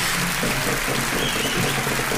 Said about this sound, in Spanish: Aplauso. Bueno, los chicos de Oppo retienen el retorno, nos están escuchando el aplauso que está sonando ahora.